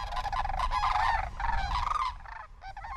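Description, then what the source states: Sandhill Crane calls, loud rolling bugling notes overlapping in rapid succession. Homer population of about 200 birds, leaving Homer in early September to migrate back to California's Central Valley.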